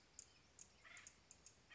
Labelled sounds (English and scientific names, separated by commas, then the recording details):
Acorn Woodpecker (Melanerpes formicivorus)
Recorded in Sonoma County, California